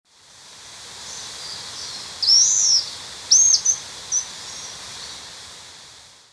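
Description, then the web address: Slaty-backed chat-tyrant making a high arched whistle followed by two short sharp notes and a faint tick, against a constant insect-like hiss. Ecuador. "Birds of Ecuador. Slaty-backed Chat-Tyrant"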